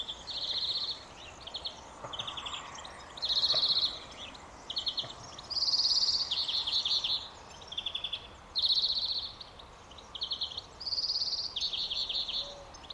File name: Chloris chloris